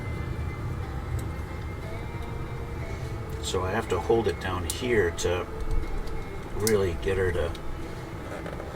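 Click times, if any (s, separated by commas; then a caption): none. A loose-fitting plastic Gundam model kit part for the RX-178 Gundam Mk-II (A.E.U.G.) is held down and pressed toward the mating arm piece. Someone talks over faint handling noise and low background hum. Nothing has seated or clicked yet.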